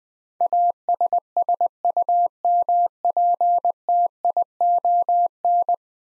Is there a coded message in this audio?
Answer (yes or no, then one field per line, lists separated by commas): yes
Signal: Morse code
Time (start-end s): 0.4-5.7 s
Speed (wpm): 20 wpm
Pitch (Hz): 700 Hz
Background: none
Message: ASSUMPTION